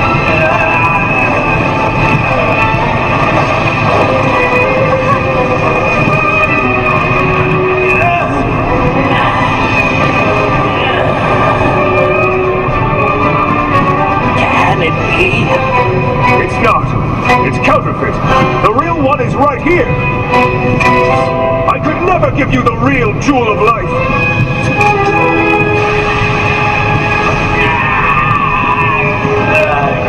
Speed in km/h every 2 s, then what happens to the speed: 112, 113, 113, 113, 113, 112, 112, 112, 111, 111, 111, 112, 112, 112, 112.
0-30 steady at about 112.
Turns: none.